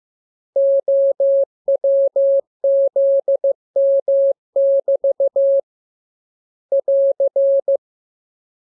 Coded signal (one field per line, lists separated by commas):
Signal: Morse code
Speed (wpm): 15 wpm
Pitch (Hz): 550 Hz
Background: none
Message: OWZM<BT> <AR>